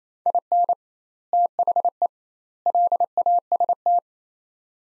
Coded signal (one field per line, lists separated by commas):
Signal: Morse code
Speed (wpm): 28 wpm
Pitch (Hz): 700 Hz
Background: none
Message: IN THE LAST